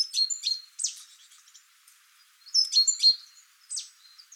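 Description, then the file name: Great tit calls, quick high chirps and sharp downslurred notes in two loud clusters separated by a short pause. "Parus major"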